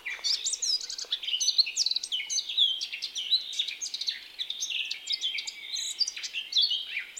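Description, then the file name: Eurasian blackcap singing an unbroken, fast jumble of high twitters, chirps and slurred notes throughout. "Sylvia atricapilla"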